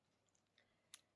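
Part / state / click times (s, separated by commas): padlock shackle in lock body / seated / 0.9 s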